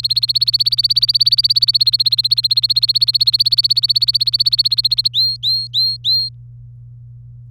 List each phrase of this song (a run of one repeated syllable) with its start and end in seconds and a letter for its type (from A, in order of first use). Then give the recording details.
0.00-5.08 A, 5.13-6.29 B. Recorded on 24 April 2018 at 13:00. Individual llb3